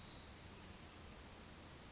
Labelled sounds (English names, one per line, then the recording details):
Western Flycatcher
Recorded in Sonoma County, California